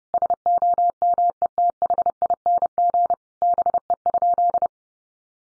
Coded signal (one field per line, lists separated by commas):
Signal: Morse code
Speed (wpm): 30 wpm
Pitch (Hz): 700 Hz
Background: none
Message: SOMETHING BE?